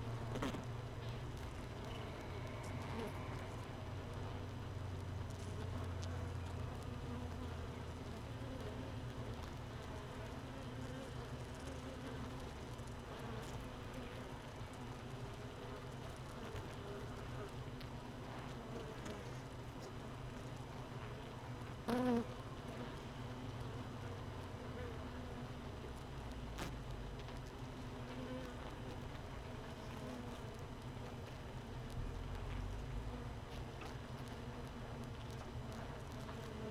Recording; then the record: honeybee colony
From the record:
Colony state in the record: missing queen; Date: 31 May 2018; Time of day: 15:31